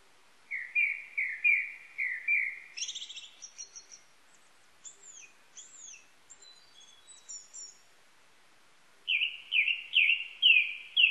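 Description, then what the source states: Japanese thrush song: a few repeated mellow whistles, a burst of very high squeaky notes and soft chips, then a fresh run of loud repeated whistles. Recorded 19 April 1998.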